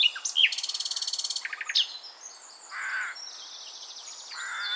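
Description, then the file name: Common nightingale song: a fast rattling trill of repeated notes, a few whistles, then softer background bird calls. "Luscinia megarhynchos"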